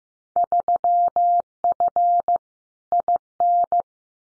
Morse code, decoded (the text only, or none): 3F IN